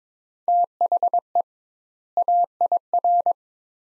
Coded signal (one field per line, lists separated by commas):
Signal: Morse code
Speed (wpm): 22 wpm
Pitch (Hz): 700 Hz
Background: none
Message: THE AIR